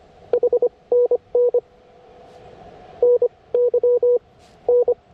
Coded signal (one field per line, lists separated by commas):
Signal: Morse code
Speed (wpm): 25 wpm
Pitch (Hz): 490 Hz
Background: none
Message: HNN NY N